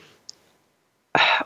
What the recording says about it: I have COVID and my cough has suddenly got really bad.